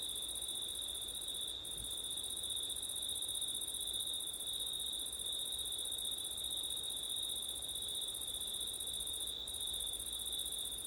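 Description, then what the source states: Unbroken high cricket trill with a glittering upper band that briefly drops out twice, over gentle wind noise. Crickets at night in September, with wind; ORTF microphone setup.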